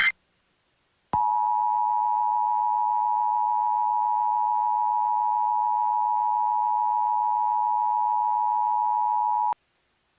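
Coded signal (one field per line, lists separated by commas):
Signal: Emergency Alert System (SAME) tones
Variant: 853 and 960 Hz attention tone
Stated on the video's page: Mock EAS alert recreation, not a real broadcast.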